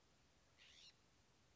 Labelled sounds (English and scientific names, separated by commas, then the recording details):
California Scrub-Jay (Aphelocoma californica)
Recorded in Sonoma County, California